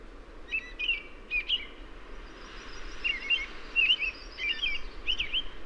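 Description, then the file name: American robin calls: a series of sharp, high, slurred chirps in two loose groups, with a constant hiss of background noise. "Turdus migratorius - American Robin"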